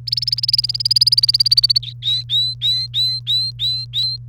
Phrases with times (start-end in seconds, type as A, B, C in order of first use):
0.07-1.78 A, 1.83-4.17 B